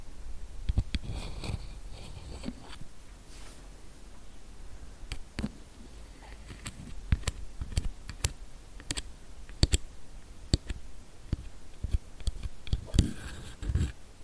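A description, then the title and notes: Sharp, irregular lens taps and clicks ring out every second or so over a soft scratching hiss, with a brushy flurry near thirteen seconds. ASMR Tingly Lens Tapping, Camera Scratching & Brushing Personal Attention.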